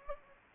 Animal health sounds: mosquito wingbeat signal from an infrared sensor; Anopheles gambiae

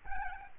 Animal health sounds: mosquito wingbeat signal from an infrared sensor; Aedes albopictus

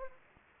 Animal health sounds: mosquito wingbeat signal from an infrared sensor; Anopheles arabiensis

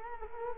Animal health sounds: mosquito wingbeat signal from an infrared sensor; Culex quinquefasciatus

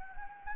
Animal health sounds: mosquito wingbeat signal from an infrared sensor; Anopheles gambiae

